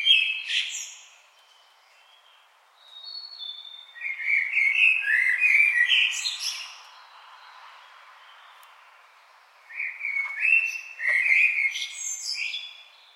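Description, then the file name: Common blackbird song, several mellow whistled phrases with scratchy high twitters, separated by quiet gaps. "Turdus merula"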